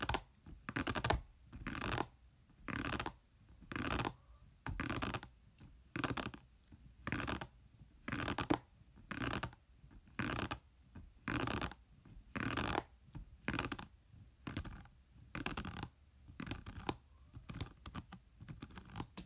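Gentle hairbrush tapping comes in short, crisp bursts about every second and a half, dry, with near silence between them.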